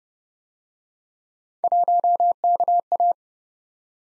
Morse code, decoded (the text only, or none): 1KA